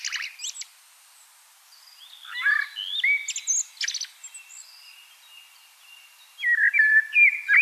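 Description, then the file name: Common blackbird song: squeaky high notes, then a rich whistled phrase with a twittering tail, a pause, and another fluty phrase beginning. "Turdus merula"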